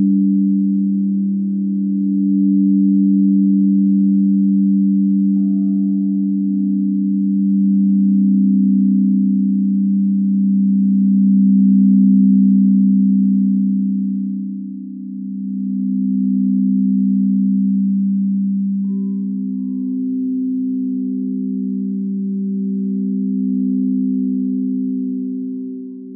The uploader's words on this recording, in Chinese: 让脑瓜子嗡嗡的颂钵音疗。颂钵（Singing Bowl）源自喜马拉雅山区，最初是由当地的七种金属及天然矿石手工凿击而成的乐器。通过敲击或摩擦的方式传递声音振动。